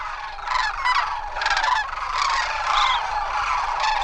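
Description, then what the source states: Sandhill Cranes calling in a dense chorus, loud rolling trumpeting notes overlapping continuously with no pauses. Thousands of cranes resting during fall migration at a critical habitat wetland near Gustavus.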